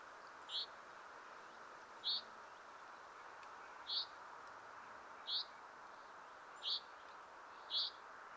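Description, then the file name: Common chaffinch: single short high call notes repeated every second or two over a steady background hiss. "Fringilla coelebs"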